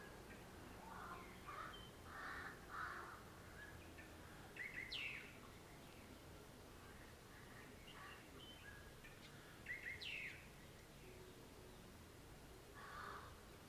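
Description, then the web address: Birds calling: harsh caws alongside sharp upswept chirps, recurring every few seconds, over a low continuous background hum. Morning birds. "2009-06-morning-birds morningbirds"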